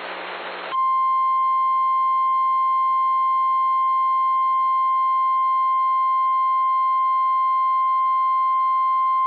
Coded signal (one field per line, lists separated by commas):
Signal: Emergency Alert System (SAME) tones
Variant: 1050 Hz attention tone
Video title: JUST A FEW RELAYS... EAS Alerts from 7/22/23 (EAS #2,697 - 2,699)